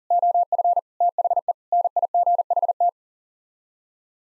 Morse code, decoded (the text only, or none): OF THE NIGHT